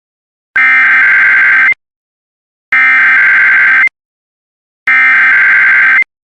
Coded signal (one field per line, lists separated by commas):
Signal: Emergency Alert System (SAME) tones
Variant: header bursts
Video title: EAS of 1/1/26 part 4: Required weekly test for part of nevada